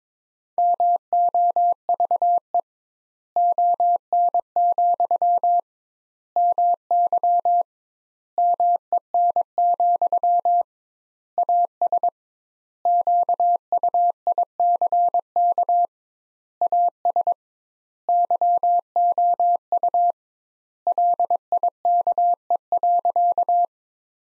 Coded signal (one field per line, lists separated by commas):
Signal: Morse code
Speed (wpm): 22 wpm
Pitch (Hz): 700 Hz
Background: none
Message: MOVE ON, MY MEN, AS QUICK AS YOU LIKE.